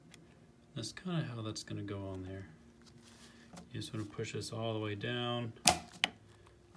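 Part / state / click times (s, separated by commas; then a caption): horn button into steering wheel hub / seated / 6.0 s. A genuine leather-covered horn button on a Momo steering wheel is lined up with the notch and pushed all the way down onto the steering wheel hub while someone talks. A single sharp snap is heard at 6.0 s as the horn button seats onto the hub.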